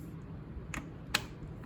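A rubber spark plug wire boot is pushed onto the spark plug terminal of a Lifan KPR 200 motorcycle engine. Over a low steady background, a sharp click sounds at 0.7 s and a louder one at 1.2 s, followed by a faint tick at 1.6 s. The boot is seated all the way on.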